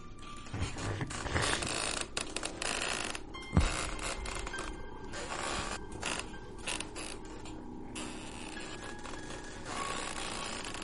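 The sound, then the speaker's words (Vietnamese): A wooden silk-weaving loom in a storeroom creaks and clatters in uneven, repeated strokes, with dry knocks and a sharp thump partway through, steady and fairly loud with no voices. “Ở gian nhà kho bên kia, tiếng khung cười của ông bà bắt đầu vang lên. Âm thanh lạ lắm, kẽo ca kẽo kẹt.”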